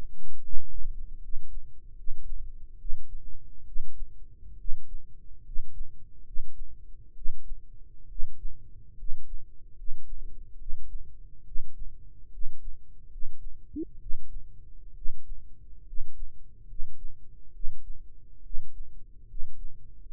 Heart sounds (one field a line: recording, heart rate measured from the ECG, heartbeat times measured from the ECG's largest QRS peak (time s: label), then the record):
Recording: heart sounds by microphone in the right ear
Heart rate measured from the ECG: 70 bpm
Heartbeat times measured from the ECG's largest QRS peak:
0.38 s: heartbeat
1.16 s: heartbeat
1.91 s: heartbeat
2.74 s: heartbeat
3.61 s: heartbeat
4.53 s: heartbeat
5.39 s: heartbeat
6.20 s: heartbeat
7.11 s: heartbeat
8.04 s: heartbeat
8.92 s: heartbeat
9.71 s: heartbeat
10.54 s: heartbeat
11.41 s: heartbeat
12.27 s: heartbeat
13.06 s: heartbeat
13.95 s: heartbeat
14.91 s: heartbeat
15.81 s: heartbeat
16.63 s: heartbeat
17.49 s: heartbeat
18.39 s: heartbeat
19.23 s: heartbeat
20.00 s: heartbeat
From the record:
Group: healthy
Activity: rest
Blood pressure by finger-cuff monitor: 101/54 mmHg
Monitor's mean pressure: 63 mmHg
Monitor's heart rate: 70 bpm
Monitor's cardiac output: 7.6 L/min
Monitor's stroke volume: 108 mL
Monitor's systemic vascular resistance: 580 dyn s/cm5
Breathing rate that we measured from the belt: 17 breaths a minute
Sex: male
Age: 22 years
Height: 185 cm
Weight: 112.4 kg